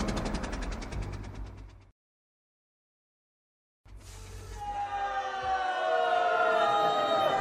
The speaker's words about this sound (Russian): Блестящий финиш, задуманный Адамом Казимировичем, не удался из-за нехватки бензина. Машина позорно остановилась посреди улицы. Не дойдя 100 метров до кафедры, увитой хвойными гирляндами, в честь отважных автомобилистов.